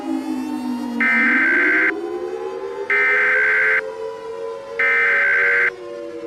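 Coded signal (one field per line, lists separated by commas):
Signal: Emergency Alert System (SAME) tones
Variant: header bursts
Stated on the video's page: Fictional EAS scenario demo with siren audio.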